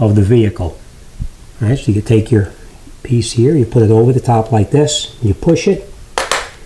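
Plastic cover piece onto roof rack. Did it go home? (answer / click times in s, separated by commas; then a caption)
yes / 6.2 s, 6.3 s. A plastic cover piece is placed over the top of a Yakima roof rack on a 2019 Hyundai Santa Fe and pushed down while someone talks. A sharp double snap sounds at 6.2 s and 6.3 s as the piece locks into place.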